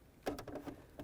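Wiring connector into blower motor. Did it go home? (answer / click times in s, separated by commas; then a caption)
yes / 0.3 s. A plastic wiring connector, its locking tab facing the passenger side, is lined up and slid onto the blower motor of a 2000-2005 Buick LeSabre. It clicks in sharply at 0.3 s, followed by softer clicks and rattles from handling at about 0.4, 0.5 and 1.0 s. The connector is seated and confirmed.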